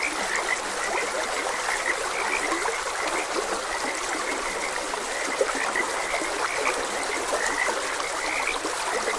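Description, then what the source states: Frog chorus of quick repeated croaks, set against the constant hiss and trickle of running water. Frogs croaking beside a gentle stream.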